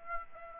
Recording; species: mosquito wingbeat signal from an infrared sensor; Aedes albopictus